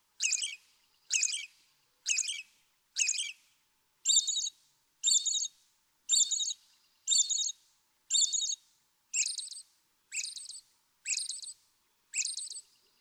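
American robin song as a steady series of thirteen short, bright warbled phrases, evenly spaced about one second apart, little else audible.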